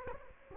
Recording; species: mosquito wingbeat signal from an infrared sensor; Culex quinquefasciatus